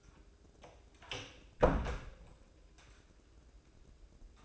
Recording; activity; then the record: daily activity, microphone in the room; close door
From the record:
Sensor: 2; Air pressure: 1012.2 hPa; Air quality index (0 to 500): 163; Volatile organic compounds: 2 ppm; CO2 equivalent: 1191 ppm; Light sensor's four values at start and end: 415/1035/422/443 and 414/1034/421/443